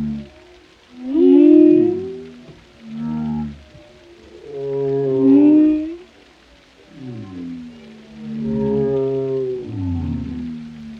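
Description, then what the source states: Whale song of rich, low harmonic moans in slow swelling phrases, each lasting about a second or two, with faint high squeals. Whale vocalizations, including moans, calls and melodic sounds.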